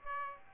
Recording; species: mosquito wingbeat signal from an infrared sensor; Aedes aegypti